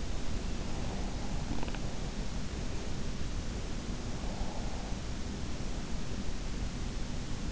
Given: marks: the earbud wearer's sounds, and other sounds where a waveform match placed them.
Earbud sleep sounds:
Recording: sounds in sleep by an in-ear microphone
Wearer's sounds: breath, teeth grinding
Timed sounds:
0.60-2.35 s: breath
1.56-2.01 s: teeth grinding
4.17-6.24 s: breath

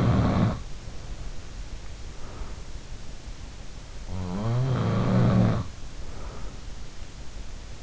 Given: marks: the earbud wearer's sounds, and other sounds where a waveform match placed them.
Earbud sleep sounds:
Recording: sounds in sleep by an in-ear microphone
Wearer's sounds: breath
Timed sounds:
0.00-1.45 s: sound from someone else or the room
1.89-2.87 s: breath
3.96-6.98 s: sound from someone else or the room
5.91-6.98 s: breath

